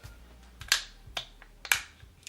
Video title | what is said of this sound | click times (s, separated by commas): unBOXED with VaporDNA ~ The Vandy Vape Pulse Dual 18650 Squonk Mod Kit | it's nice and secure and clicks | 1.7 s